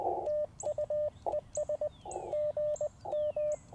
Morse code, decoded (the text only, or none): TUES GM